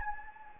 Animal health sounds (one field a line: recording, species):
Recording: mosquito wingbeat signal from an infrared sensor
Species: Anopheles gambiae